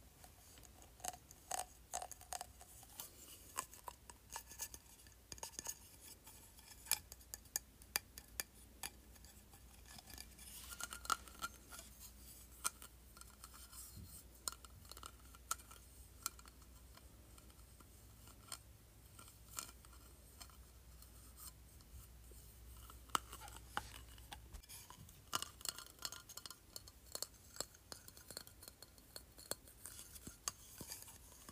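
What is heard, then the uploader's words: Light taps on a plastic wand come in quick irregular bursts, crisp and clicky, with a few louder knocks near eleven and twenty-five seconds. A low steady hum sits underneath for most of the clip, then fades near the end. ASMR Tapping Plastic Wand.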